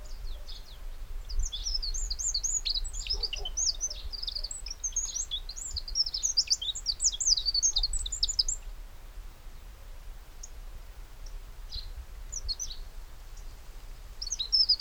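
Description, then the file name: Eurasian wren song: a long, fast cascade of sharp, high-pitched chattering notes for about eight seconds, then a few isolated high notes later against low rumble. "Troglodytes troglodytes"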